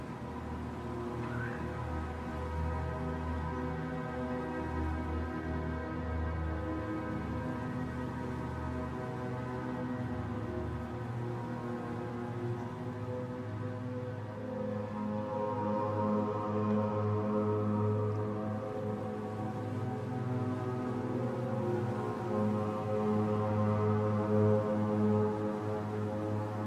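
Ambient backing music of layered, sustained low tones holds a steady drone throughout, swelling slightly louder and fuller in the final seconds.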